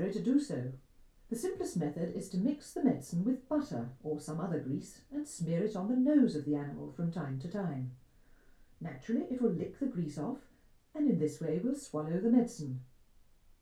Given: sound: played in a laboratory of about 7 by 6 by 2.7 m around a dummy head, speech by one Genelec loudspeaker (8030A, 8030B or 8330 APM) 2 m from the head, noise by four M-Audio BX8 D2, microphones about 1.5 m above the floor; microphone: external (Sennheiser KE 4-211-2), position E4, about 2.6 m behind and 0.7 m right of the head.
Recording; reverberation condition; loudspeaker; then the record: female speech in English; low; 120 degrees to the right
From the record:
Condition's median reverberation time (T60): about 310 ms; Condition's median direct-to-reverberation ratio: about 3.5 dB